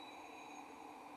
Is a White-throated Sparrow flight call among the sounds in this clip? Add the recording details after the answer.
no. No flight call is heard. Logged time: 23:16 on 16 December 2014